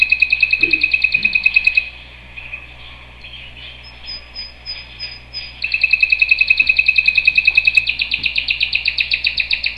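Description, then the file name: Canary song with rapid rolling trills, a softer gap of faint twittering and a thin high note, then the fast trills resume; low hum throughout. "Canary Voice"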